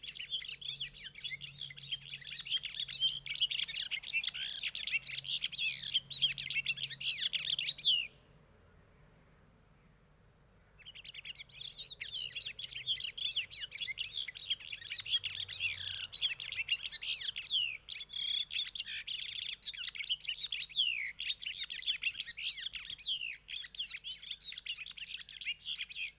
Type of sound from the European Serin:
song